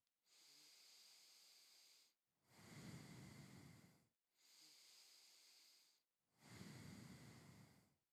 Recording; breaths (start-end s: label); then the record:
nose breathing near a microphone
0.13-2.13 s: inhalation
2.13-4.13 s: exhalation
4.13-6.13 s: inhalation
6.13-7.83 s: exhalation
From the record:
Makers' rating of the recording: medium